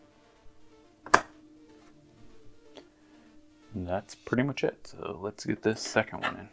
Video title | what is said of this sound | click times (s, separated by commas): How To Upgrade RAM on a PC - Well, How I Do It. | and now to the point where all i got to do now is push down on it and you should hear a click | 1.1 s